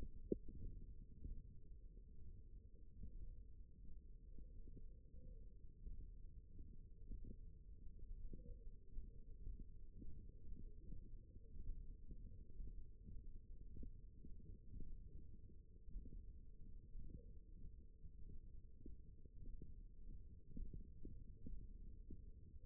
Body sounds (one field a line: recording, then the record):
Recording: forearm muscle sounds (acoustic myography)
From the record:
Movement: thumb flexion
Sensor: system 1, eight BSWA MPA416 microphones around the upper forearm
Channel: 4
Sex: male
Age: 23 years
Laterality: right